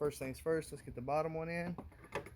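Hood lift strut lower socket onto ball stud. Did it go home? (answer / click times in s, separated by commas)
yes / 2.2 s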